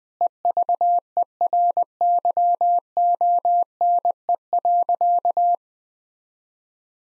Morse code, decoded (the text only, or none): EVERYONE.